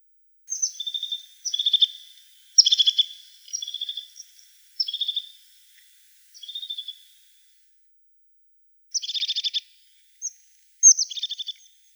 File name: Lophophanes cristatus